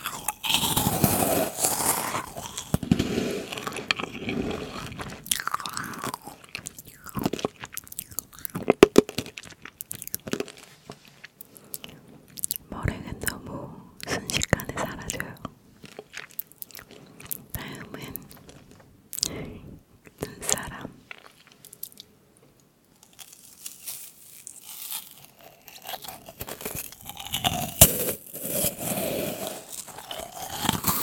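Someone eats macarons, meringue cookies and cake, with crisp crunching bites in dense bursts early and late, and quieter chewing between.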